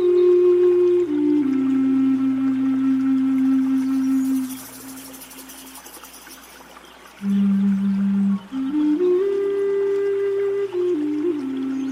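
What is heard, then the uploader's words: Zen music of long, sustained tones sliding between pitches, fading to a quiet hush midway before a lower tone returns and climbs again. Nature Sounds, Zen Music.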